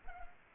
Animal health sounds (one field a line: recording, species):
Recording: mosquito wingbeat signal from an infrared sensor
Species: Culex pipiens